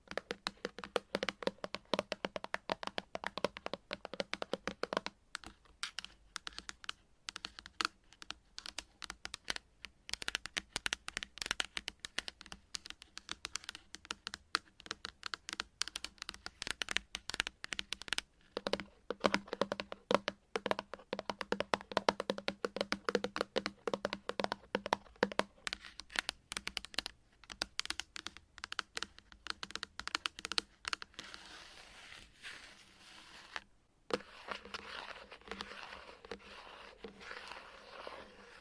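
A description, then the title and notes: Chalk is tapped and scratched in a quick, dense run of small clicks and scrapes, crisp. The ticking stays busy for most of the clip with brief pauses near 5, 10 and 34 seconds. ASMR Playing With Chalk Asmr Tapping and Scratching No Talking.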